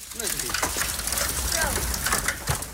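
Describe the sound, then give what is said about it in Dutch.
Dense, steady roar of hail drumming and crackling on surfaces without a break, with brief faint voices underneath. Hailstones as large as ping-pong balls fall in Loosduinen during a storm. “In Loosduinen vielen hagelstenen zo groot als pingpongballen.”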